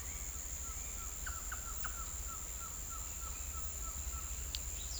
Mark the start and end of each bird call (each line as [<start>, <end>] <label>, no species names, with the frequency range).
[0.62, 4.35] bird call (0.6-1.8 kHz)